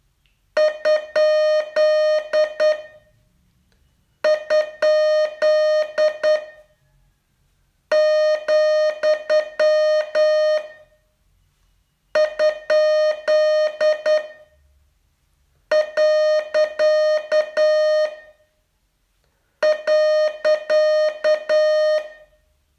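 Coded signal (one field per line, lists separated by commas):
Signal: Morse code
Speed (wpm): 9 wpm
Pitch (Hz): 610 Hz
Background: music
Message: ? ? , ? . .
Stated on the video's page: Morse training lesson, day 37 of a 42-day course.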